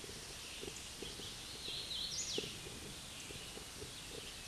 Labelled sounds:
Hooded Warbler song
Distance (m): 35 m
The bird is about 15 m above the microphone
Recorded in a Pennsylvania forest on 16 May 2024 at 09:40
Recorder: AudioMoth, point MSD-1482
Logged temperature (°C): 15.6 °C
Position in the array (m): 148 m, 129 m

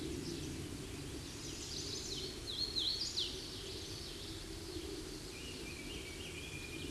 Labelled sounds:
Hooded Warbler song
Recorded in a Pennsylvania forest on 16 May 2024 at 08:59
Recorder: AudioMoth, point MSD-0814
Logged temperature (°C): 15.8 °C
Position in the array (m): 144 m, 138 m

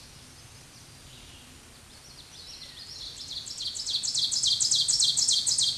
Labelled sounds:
Ovenbird song
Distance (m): 5 m
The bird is about level with the microphone
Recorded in a Pennsylvania forest on 16 May 2024 at 07:05
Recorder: AudioMoth, point MSD-0475
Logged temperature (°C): 12.3 °C
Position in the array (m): 147 m, 6 m

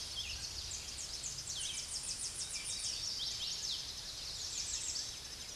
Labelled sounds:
Tennessee Warbler song
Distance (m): 5 m
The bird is about level with the microphone
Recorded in a Pennsylvania forest on 16 May 2024 at 06:54
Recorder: AudioMoth, point MSD-2443
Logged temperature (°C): 16.4 °C
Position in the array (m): 167 m, 190 m

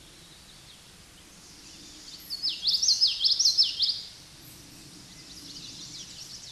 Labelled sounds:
Common Yellowthroat song
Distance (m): 5 m
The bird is about level with the microphone
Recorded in a Pennsylvania forest on 16 May 2024 at 09:57
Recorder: AudioMoth, point MSD-2061
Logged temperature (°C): 16.1 °C
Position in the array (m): 230 m, 181 m

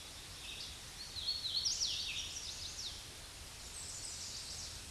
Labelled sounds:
Hooded Warbler song
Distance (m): 40 m
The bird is about level with the microphone
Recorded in a Pennsylvania forest on 16 May 2024 at 08:09
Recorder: AudioMoth, point MSD-2095
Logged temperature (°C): 16.3 °C
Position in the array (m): 181 m, 75 m

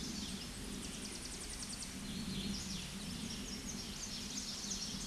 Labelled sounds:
Hooded Warbler song
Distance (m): 45 m
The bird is about 10 m above the microphone
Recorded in a Pennsylvania forest on 16 May 2024 at 09:01
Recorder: AudioMoth, point MSD-1295
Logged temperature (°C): 13.7 °C
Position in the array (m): 163 m, 112 m

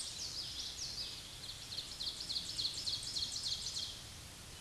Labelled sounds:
Ovenbird song
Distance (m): 55 m
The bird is about 10 m above the microphone
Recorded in a Pennsylvania forest on 16 May 2024 at 06:45
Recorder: AudioMoth, point MSD-2429
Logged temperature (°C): 16.7 °C
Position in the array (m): 81 m, 28 m

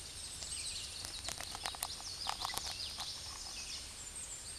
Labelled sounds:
Common Yellowthroat song
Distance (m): 15 m
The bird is about 10 m above the microphone
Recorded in a Pennsylvania forest on 16 May 2024 at 08:23
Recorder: AudioMoth, point MSD-0665
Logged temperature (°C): 16.1 °C
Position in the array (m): 78 m, 99 m

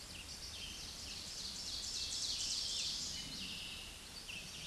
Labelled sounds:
Ovenbird song
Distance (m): 40 m
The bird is about 5 m below the microphone
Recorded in a Pennsylvania forest on 16 May 2024 at 07:22
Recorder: AudioMoth, point MSD-2166
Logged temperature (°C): 16.3 °C
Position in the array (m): 149 m, -6 m

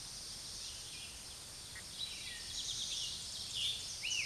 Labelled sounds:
Eastern Towhee song
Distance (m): 35 m
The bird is about 5 m above the microphone
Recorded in a Pennsylvania forest on 16 May 2024 at 06:07
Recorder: AudioMoth, point MSD-2083
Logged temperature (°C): 16.7 °C
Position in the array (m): 110 m, 6 m

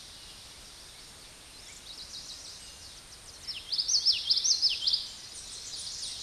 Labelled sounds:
Common Yellowthroat song
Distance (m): 10 m
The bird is about 5 m above the microphone
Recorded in a Pennsylvania forest on 16 May 2024 at 09:29
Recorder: AudioMoth, point MSD-2320
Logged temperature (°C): 12.8 °C
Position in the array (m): 216 m, 198 m

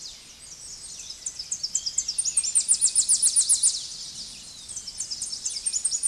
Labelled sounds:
Tennessee Warbler song
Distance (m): 15 m
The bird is about 15 m above the microphone
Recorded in a Pennsylvania forest on 16 May 2024 at 08:28
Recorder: AudioMoth, point MSD-0407
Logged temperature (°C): 15.8 °C
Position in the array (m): 66 m, 165 m

